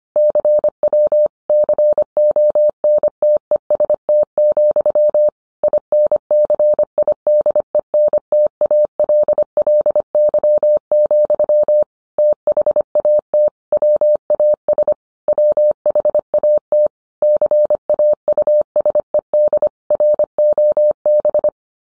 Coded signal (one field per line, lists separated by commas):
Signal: Morse code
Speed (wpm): 25 wpm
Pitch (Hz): 600 Hz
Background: none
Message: CW CONTEST, INCIDENTALLY, THAT WAS WHAT CAUSED ROB